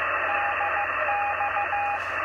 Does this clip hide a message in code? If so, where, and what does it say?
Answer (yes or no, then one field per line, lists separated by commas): yes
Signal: Morse code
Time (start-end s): 0.3-2.0 s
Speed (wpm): 15 wpm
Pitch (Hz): 820 Hz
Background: radio noise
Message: DX